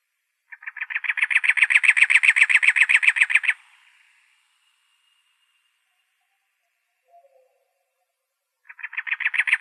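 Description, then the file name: Cactus wren call: a grating series of rapid, rhythmic rasping notes for about three seconds, a quiet gap with a couple of faint notes, then the chatter resumes. Recorded in Arizona on 2 October 2003. "CACW 3 deviche"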